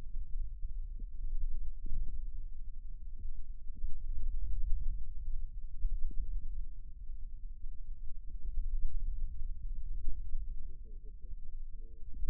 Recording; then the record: forearm muscle sounds (acoustic myography)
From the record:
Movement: wrist flexion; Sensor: system 2, bracelet of six BSWA MPA416 microphones around the upper forearm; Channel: 1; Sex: male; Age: 22 years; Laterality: right